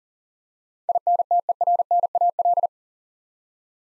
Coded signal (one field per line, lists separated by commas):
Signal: Morse code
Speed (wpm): 40 wpm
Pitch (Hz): 700 Hz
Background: none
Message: INTERNAL